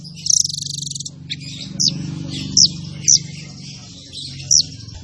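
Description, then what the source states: Zebra finch giving a short high buzzy trill, then several sharp, clipped high notes at irregular intervals over a continuous low drone. Bird singing vigorously in rapid bursts, used as a model song for training other birds.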